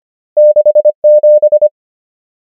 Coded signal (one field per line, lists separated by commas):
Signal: Morse code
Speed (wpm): 25 wpm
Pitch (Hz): 600 Hz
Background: none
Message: 6 7